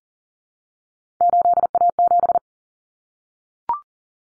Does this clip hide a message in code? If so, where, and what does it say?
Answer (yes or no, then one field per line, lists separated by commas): yes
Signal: Morse code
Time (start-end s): 1.2-2.4 s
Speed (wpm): 40 wpm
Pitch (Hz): 700 Hz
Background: none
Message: 8A7